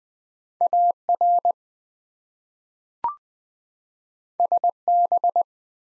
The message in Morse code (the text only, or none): AR SB